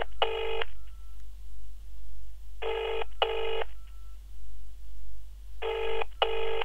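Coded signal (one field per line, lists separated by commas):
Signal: telephone call progress tone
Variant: UK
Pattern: ringback tone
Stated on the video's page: Smartphone keypad dial sound effects.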